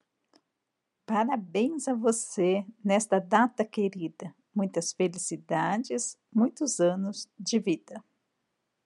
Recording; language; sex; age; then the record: short text; Brazilian Portuguese; female; 50 to 59 years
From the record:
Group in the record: control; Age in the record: 51 years